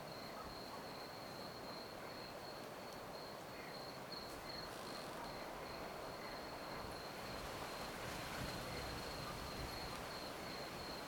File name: freesound country rural night crickets and distant dog bark